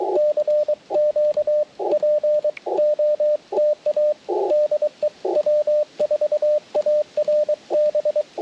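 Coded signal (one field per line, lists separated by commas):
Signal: Morse code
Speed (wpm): 23 wpm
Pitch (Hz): 600 Hz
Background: radio noise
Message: CQ POTA DE W4ARB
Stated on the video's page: On-air QRP CW during a park activation, band hopping, with Icom IC-705, PackTenna 9:1 random wire, Elecraft T1 tuner, Begali Traveler paddles.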